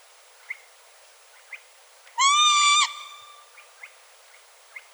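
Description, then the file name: Northern lapwing giving a single long, nasal call with a slight downward slur at the end, amid faint, sparse chirps from other birds. "chibis-obyknovennyy-golos onbird ru"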